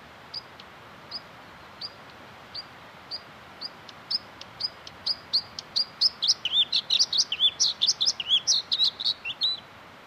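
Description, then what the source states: Bluethroat song: sharp high single notes repeated ever faster, building into a rapid, varied twittering phrase. Recorded in Inari, Finland; bluethroats mimic other species, including non-European ones from their wintering areas.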